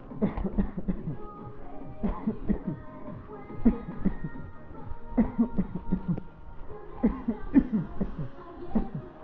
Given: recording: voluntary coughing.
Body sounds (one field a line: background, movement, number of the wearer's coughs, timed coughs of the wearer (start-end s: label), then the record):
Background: music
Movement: walking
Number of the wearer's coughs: 14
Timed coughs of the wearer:
0.19-0.55 s: cough
0.55-0.86 s: cough
0.86-1.20 s: cough
2.01-2.47 s: cough
2.47-2.81 s: cough
3.63-4.03 s: cough
4.03-4.49 s: cough
5.14-5.55 s: cough
5.55-5.90 s: cough
5.90-6.17 s: cough
7.01-7.49 s: cough
7.52-7.98 s: cough
7.98-8.32 s: cough
8.72-9.11 s: cough
From the record:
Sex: male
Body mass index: 20.5 kg/m2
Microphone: on the chest, facing the body